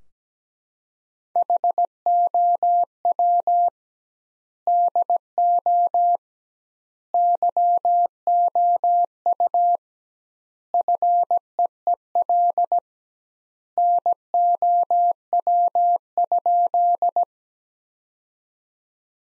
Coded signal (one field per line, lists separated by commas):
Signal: Morse code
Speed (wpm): 17 wpm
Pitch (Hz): 700 Hz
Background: none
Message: HOW DO YOU FEEL NOW?